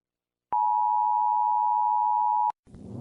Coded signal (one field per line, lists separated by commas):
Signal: Emergency Alert System (SAME) tones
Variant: 853 and 960 Hz attention tone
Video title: ￼what lurks in the darkness Full version Dark Eas Scenario